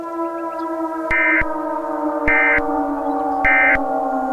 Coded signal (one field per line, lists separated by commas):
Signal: Emergency Alert System (SAME) tones